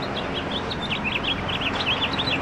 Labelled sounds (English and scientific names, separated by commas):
House Finch (Haemorhous mexicanus) song